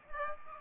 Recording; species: mosquito wingbeat signal from an infrared sensor; Aedes aegypti